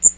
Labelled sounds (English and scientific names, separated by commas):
Magnolia Warbler (Setophaga magnolia) flight call